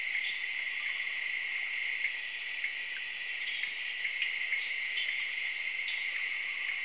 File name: ZAIRE, Tree frogs and crickets, late evening, jungle